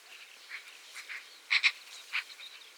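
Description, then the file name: Eurasian magpie giving a few harsh, rasping chack notes, a close pair near the middle and a single one later, over faint background hiss. "Pica pica"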